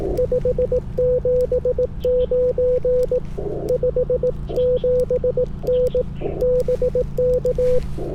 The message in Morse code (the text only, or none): 579 57N BK